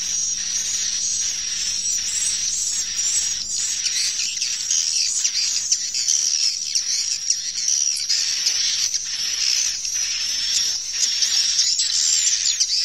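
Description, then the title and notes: Dense swiftlet twittering, high and hissy, a continuous stream of chirps without pause. Farmed swiftlets in Asia. "Swiflet Bird Sound. Farming Swiflet Bird asia sound"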